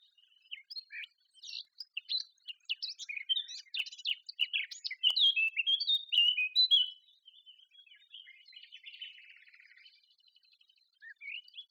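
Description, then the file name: Eurasian blackcap song, a long, busy warble of varied scratchy and fluty notes that fades into softer chattering, with a brief note at the end. "Sylvia atricapilla"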